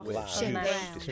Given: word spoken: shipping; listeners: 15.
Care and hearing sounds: one English word in noise, from a listening test; four-talker babble; -1.3 dB; 0 of 15; 9 of 15; 0.72 s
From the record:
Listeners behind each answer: 9, 1, 1, 1, 1, 1, 1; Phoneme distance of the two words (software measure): 27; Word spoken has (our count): 2 syllables, 5 phonemes, stress on syllable 1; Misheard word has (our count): 2 syllables, 4 phonemes, stress on syllable 1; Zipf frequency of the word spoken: 3.79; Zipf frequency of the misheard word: 2.65

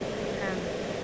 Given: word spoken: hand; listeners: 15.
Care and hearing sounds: one English word in noise, from a listening test; speech-shaped noise; -6.6 dB; 2 of 15; 6 of 15; 0.64 s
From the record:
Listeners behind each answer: 6, 2, 1, 1, 1, 1, 1, 1, 1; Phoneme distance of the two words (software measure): 20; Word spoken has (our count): 1 syllable, 4 phonemes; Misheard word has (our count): 1 syllable, 4 phonemes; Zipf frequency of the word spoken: 5.44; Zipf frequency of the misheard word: 4.51

